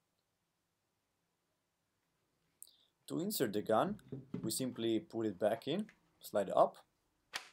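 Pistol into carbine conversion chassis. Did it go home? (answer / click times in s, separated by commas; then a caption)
yes / 7.4 s. A Glock 19 9mm pistol is put back, slide up, into a polymer Micro Roni carbine conversion chassis and pushed forward until it seats, then locked in place with the front latch. After near-silence with faint ticks at 2.6 s, someone talks, and a sharp click at 7.4 s marks the pistol seating in the chassis.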